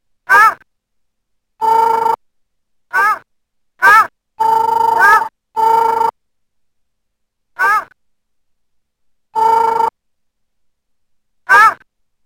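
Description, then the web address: Dog voicing a run of short, curving yelps and longer, level bays, some close together, others spaced by pauses of a second or more. "ogare"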